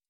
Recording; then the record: hydrophone in a shrimp aquaculture tank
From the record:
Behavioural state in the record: stressed